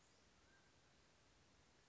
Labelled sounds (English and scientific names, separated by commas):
Mountain Quail (Oreortyx pictus)